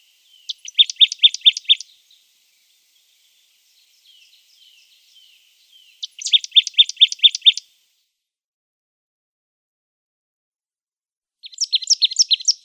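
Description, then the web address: Marsh tit song: three rapid rattling phrases of high repeated notes, the last cut off, separated by long pauses with a few soft notes. "Schulze Peter Marsh Tit"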